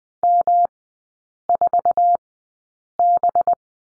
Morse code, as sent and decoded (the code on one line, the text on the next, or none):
-- ....- -...
M4B